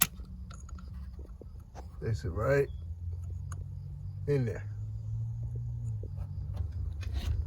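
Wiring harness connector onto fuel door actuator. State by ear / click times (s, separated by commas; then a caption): not seated / none. On a Honda being repaired for a buzzing noise, the wiring harness's electrical plug is handled beside the new fuel door actuator, with small scattered handling ticks over a steady low hum while someone talks. The connector has not seated or clicked yet by the end of the clip.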